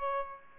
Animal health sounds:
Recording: mosquito wingbeat signal from an infrared sensor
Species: Aedes aegypti

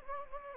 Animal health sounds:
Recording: mosquito wingbeat signal from an infrared sensor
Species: Anopheles gambiae

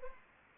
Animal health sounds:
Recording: mosquito wingbeat signal from an infrared sensor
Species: Anopheles arabiensis

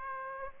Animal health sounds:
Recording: mosquito wingbeat signal from an infrared sensor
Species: Aedes aegypti

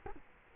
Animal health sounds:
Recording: mosquito wingbeat signal from an infrared sensor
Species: Culex quinquefasciatus

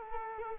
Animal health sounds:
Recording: mosquito wingbeat signal from an infrared sensor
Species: Culex quinquefasciatus

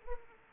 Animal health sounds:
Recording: mosquito wingbeat signal from an infrared sensor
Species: Aedes aegypti

